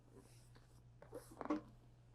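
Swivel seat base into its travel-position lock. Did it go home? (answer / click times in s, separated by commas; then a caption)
no / none. The front passenger seat of a 2026 Newmar Bay Star Sport is turned on its swivel base back toward the forward-facing travel position, where the base locks in the center. A steady low hum runs underneath faint rustling, with soft knocks at about 1.0 s and a quick cluster of taps around 1.4–1.5 s. The seat has not yet locked into its travel position.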